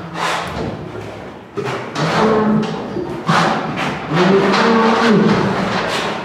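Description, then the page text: Brown bear calls: wavering tonal moans repeated several times amid heavy thumping and knocking sounds. Captive bear at a zoo in Madrid, separated from the rest of its group. "oso pardo separado del resto del grupo"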